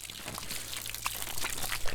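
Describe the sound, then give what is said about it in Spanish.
Water pours steadily into an earth mix, a continuous splashy trickle dotted with small bubbly plops, over a low steady hum. “Agua. Sí, agua ya va.”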